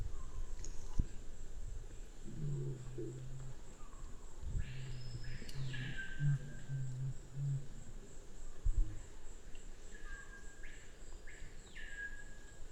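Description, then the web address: Black curassow booming song: very low hums, a brief phrase then a longer broken series of pulsed booms, while another bird gives two arched, swooping whistles. "sound Black-curassow. صدای-پرنده-کاکل-فری-سیاه"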